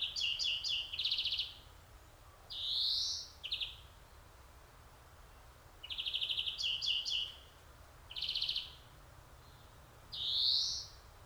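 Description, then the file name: European greenfinch mixing quick stuttering trills with two drawn-out nasal wheezes rising in pitch, the pattern repeating after a pause. "Chloris chloris"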